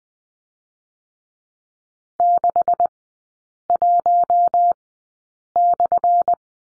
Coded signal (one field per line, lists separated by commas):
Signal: Morse code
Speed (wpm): 19 wpm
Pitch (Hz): 700 Hz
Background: none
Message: 61/